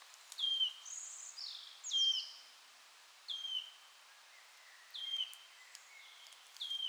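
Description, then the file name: Wood warbler whistles: several short piping notes sliding downward, while higher twittering and chirping from other birds fills the gaps. "sisego fuzike hangja"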